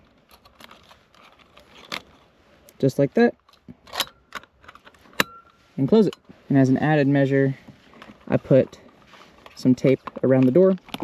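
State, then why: Seated. The aluminum junction box door on a wafer light housing is pushed closed, with small handling clicks before it snaps shut with a loud, sharp snap at 5.2 s, seating the door. Someone talks before and after the snap. Tape is then put around the door as an added measure, because the aluminum housing can get warped or bent and the door sometimes doesn't latch perfectly.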